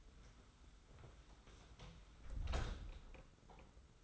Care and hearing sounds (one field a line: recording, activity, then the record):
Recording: daily activity, microphone in the room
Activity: close door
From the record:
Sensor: 3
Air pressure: 991.5 hPa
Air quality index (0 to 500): 146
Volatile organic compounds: 425 ppm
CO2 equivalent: 4711 ppm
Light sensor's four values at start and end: 42/118/48/41 and 42/118/48/42